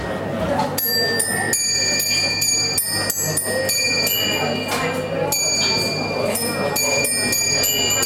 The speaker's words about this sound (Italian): E quel che capitò a Felice, mentre saliva la montagna, cominciò a sentire le campane.